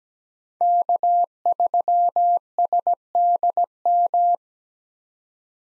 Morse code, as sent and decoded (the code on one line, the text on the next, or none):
-.- ...-- ... -.. --
K3SDM